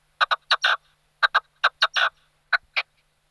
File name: Orebice ruda Alectoris rufa